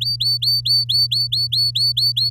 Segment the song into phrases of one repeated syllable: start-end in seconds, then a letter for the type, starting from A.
0.01-2.30 A